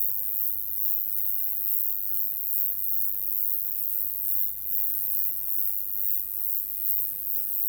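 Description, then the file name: Roesel's bush-cricket song, a continuous high-pitched sizzle with faint regular pulses of loudness, over a steady low rumble. "Metrioptera roeselii"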